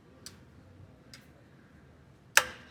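The cutting head of a brake rotor resurfacing lathe is being reset, and this is the second step of the reset. Two faint ticks sound near 0.3 s and 1.1 s, then a sharp metallic click rings out at 2.4 s with a short decaying tail. The head clicks into position and is seated.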